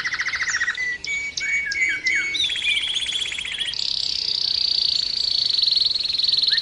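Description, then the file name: Canary song of quick trills and repeated chip tours, moving into a long, even high-pitched buzzing roll. Canary 'terapi' (therapy) song recording used for training birds. "kenari terapi omkicau"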